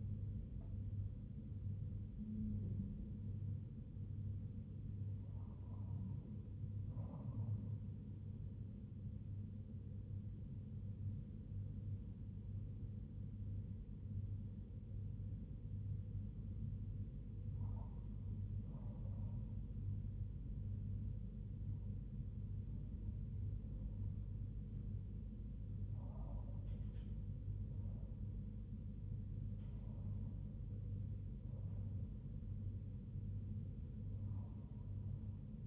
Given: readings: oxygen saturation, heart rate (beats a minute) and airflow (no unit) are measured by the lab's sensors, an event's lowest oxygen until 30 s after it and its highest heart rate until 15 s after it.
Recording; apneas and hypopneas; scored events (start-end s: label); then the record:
breathing in sleep by a smartphone at the bedside; 1
15.00-29.20 s: hypopnea (N1, oxygen 98% highest, then 97% lowest, heart rate 73 at the start, 79 highest)
From the record:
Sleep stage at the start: N1 (lightest sleep); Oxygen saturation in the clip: 96 to 98%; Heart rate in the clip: 69 to 79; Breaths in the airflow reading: 8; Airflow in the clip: -3.8 to 3.9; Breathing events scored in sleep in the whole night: 158 in 7.3 hours asleep